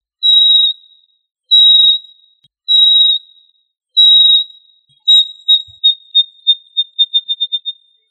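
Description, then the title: Tinamou giving pure, high whistled notes, four steady half-second whistles about a second apart, then a quickening series of short whistles fading out. "Familia Tinamidae - Quail - Puyuh"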